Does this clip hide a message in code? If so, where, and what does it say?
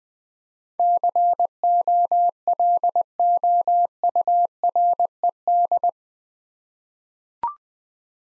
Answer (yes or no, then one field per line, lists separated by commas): yes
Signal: Morse code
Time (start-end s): 0.8-5.9 s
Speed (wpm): 20 wpm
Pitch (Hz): 700 Hz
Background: none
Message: COLOURED